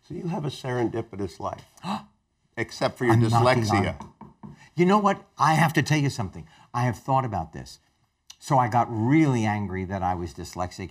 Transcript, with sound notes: So, you have a serendipitous life. (GASPS) Except for your dyslexia. (KNOCKS ON WOOD)
You know what? I have to tell you something. I have thought about this. So, I got really angry that I was dyslexic.